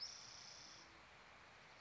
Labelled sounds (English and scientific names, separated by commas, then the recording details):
Spotted Towhee (Pipilo maculatus)
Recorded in Sonoma County, California